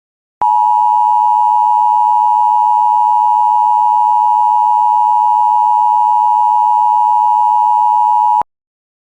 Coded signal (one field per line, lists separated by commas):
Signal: Emergency Alert System (SAME) tones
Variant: 853 and 960 Hz attention tone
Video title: 18x Header on WJON /IP Weatherscan 24/7 [Includes RARE Alerts] EAS 182-199)